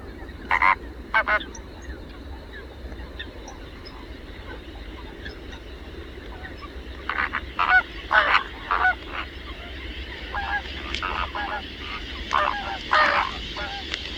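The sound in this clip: Flamingo honking calls in scattered bursts, a couple of loud honks early, then quieter stretch before clusters of nasal calls resume, with steady low background hum.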